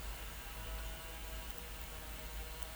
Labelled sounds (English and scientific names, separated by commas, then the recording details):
none
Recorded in pastures near Puerto Asís, Putumayo, Colombia, on 26 December 2024 at 09:00
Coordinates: 0.472, -76.329
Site G072